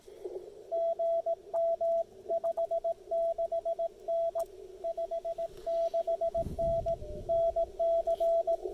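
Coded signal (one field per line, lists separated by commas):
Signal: Morse code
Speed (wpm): 18 wpm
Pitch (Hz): 670 Hz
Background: radio noise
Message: GM 56N 56N NC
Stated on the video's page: QRP Parks on the Air activation at a state park, working DX amid interference (QRM).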